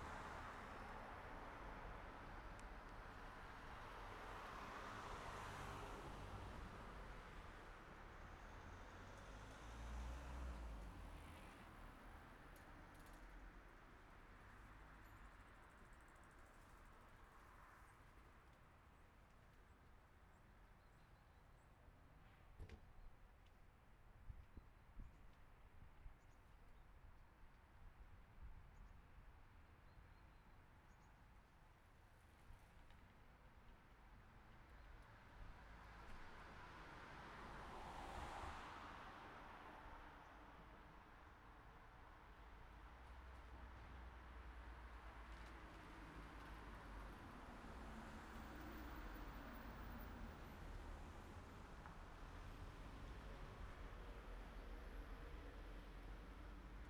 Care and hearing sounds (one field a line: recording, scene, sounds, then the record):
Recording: everyday scene through a hearing-aid microphone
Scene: in traffic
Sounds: traffic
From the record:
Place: city secondary road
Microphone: behind the ear, right, rear